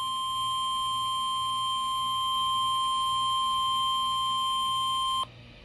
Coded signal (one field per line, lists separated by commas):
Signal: Emergency Alert System (SAME) tones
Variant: 1050 Hz attention tone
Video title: Another MCS I Guess - EAS Alerts from 5/26/24 || EAS 1,267-1,293